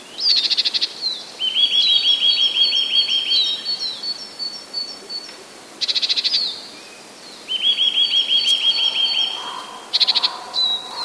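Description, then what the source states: Eurasian nuthatch giving repeated rapid trills, each a string of quick identical notes, alternating with short buzzy rattles and high thin chirps. Song with faster trills.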